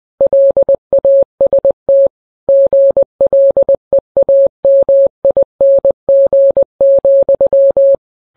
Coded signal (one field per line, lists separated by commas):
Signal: Morse code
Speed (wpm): 20 wpm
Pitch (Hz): 550 Hz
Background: none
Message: LAST GLEAMING,